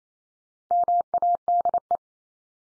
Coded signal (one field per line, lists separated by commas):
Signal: Morse code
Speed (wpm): 28 wpm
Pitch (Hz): 700 Hz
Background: none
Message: MADE